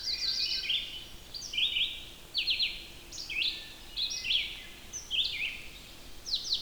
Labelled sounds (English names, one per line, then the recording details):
Red-eyed Vireo song
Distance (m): 5 m
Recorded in boreal forest in Alberta, Canada, on 14 June 2016 at 05:05
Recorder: SongMeter 3, array SBT-3-33
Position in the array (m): 155 m, 192 m